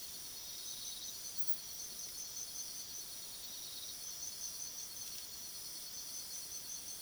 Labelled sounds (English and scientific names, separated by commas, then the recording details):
none
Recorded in pastures near Puerto Asís, Putumayo, Colombia, on 19 February 2024 at 02:00
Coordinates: 0.497, -76.327
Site G7276